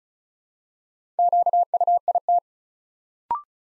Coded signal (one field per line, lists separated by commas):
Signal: Morse code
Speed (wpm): 36 wpm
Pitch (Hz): 700 Hz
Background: none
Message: QUIT